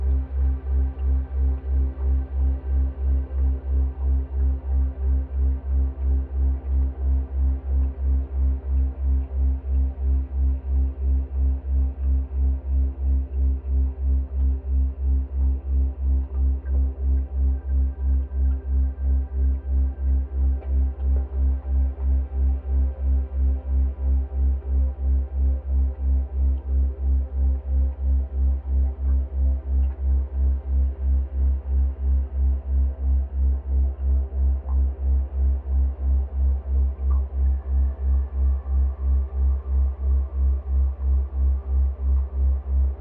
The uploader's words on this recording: This is a two hour binaural at 3 Hz on a carrier of 65.4 Hz (in the key of C). It's based off a field recording of the full duty cycle of a Bosch Dishwasher, slowed down and resonated into a swirling, evolving drone.